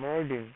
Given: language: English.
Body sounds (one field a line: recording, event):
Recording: throat vibration sensor signal played as sound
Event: speech